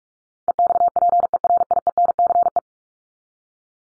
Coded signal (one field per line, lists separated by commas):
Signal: Morse code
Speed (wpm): 44 wpm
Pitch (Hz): 700 Hz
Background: none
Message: EXPERIENCE